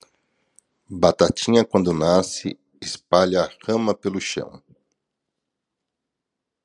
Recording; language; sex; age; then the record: short text; Brazilian Portuguese; male; 50 to 59 years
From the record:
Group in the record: control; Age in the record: 50 years